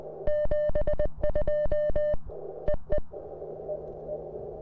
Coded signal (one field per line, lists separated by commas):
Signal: Morse code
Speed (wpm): 20 wpm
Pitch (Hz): 3000 Hz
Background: none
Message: 72 EE